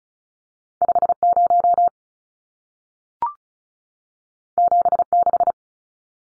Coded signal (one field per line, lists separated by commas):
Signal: Morse code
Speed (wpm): 36 wpm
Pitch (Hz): 700 Hz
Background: none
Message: 50 76